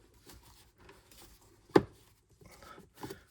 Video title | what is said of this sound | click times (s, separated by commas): 2014-2018 Subaru Forester Cabin Air Filter replacement | you'll hear a little click | 1.8 s